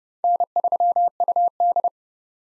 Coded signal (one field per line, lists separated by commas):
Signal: Morse code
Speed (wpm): 30 wpm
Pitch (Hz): 700 Hz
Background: none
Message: N3UD